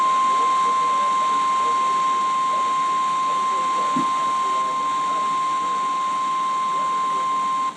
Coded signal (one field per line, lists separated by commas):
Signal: Emergency Alert System (SAME) tones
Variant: 853 and 960 Hz attention tone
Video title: More May SVRs | EAS #445-453 (Severe Weather Alerts from 5/7/2024)